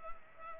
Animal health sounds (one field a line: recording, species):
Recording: mosquito wingbeat signal from an infrared sensor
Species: Culex pipiens